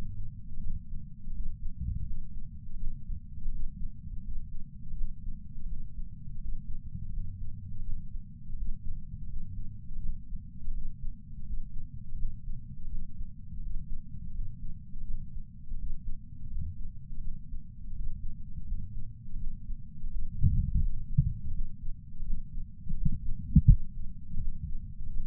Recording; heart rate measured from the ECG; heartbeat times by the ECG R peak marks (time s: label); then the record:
heart sounds by patch sensor on the chest; 83 bpm
0.60 s: heartbeat
1.31 s: heartbeat
2.03 s: heartbeat
2.76 s: heartbeat
3.49 s: heartbeat
4.21 s: heartbeat
4.94 s: heartbeat
5.66 s: heartbeat
6.38 s: heartbeat
7.10 s: heartbeat
7.82 s: heartbeat
8.54 s: heartbeat
9.26 s: heartbeat
9.99 s: heartbeat
10.71 s: heartbeat
11.43 s: heartbeat
12.15 s: heartbeat
12.87 s: heartbeat
13.59 s: heartbeat
14.31 s: heartbeat
15.04 s: heartbeat
15.75 s: heartbeat
16.48 s: heartbeat
17.20 s: heartbeat
17.92 s: heartbeat
18.64 s: heartbeat
19.36 s: heartbeat
20.08 s: heartbeat
20.79 s: heartbeat
21.51 s: heartbeat
22.23 s: heartbeat
22.94 s: heartbeat
23.66 s: heartbeat
24.38 s: heartbeat
25.09 s: heartbeat
From the record:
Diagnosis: coronary artery disease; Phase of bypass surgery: postoperative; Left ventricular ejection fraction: 60.1%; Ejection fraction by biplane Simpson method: 55.9%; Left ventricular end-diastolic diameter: 44 mm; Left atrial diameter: 30 mm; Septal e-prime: 4.8 cm/s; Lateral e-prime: 11.2 cm/s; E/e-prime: 10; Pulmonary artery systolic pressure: 23 mmHg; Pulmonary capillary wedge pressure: 10 mmHg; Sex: male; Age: 75 years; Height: 167 cm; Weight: 58 kg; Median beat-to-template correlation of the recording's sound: 0.77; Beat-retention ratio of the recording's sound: 1.00